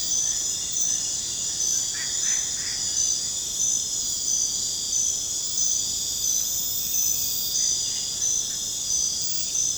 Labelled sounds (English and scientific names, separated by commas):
none